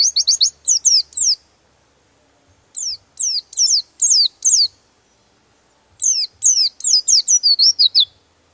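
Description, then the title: Bird song of clear, high downslurred chirps in three groups. Master recording used for training birds. "Master Burung Jos"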